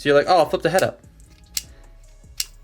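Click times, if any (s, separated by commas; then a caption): none. Someone talks, then flips the spring-loaded plastic head of a transforming robot toy up into the torso for robot mode, and sharp snaps are heard at about 1.6 and 2.4 seconds as the spring snaps back. The head has not locked in place yet; it only locks once a small spring piece is pushed in while the head is held up.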